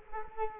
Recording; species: mosquito wingbeat signal from an infrared sensor; Culex quinquefasciatus